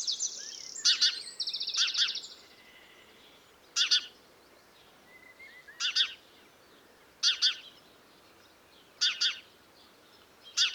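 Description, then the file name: House sparrow chirping: several loud double chirps at irregular intervals, with a brief high buzzy trill near the start. "Passer domesticus"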